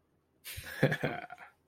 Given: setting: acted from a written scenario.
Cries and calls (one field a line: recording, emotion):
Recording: vocal sound without words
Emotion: pride